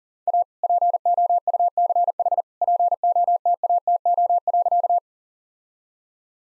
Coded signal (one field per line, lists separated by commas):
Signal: Morse code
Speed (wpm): 40 wpm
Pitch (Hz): 700 Hz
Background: none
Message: A POUCH POTATO.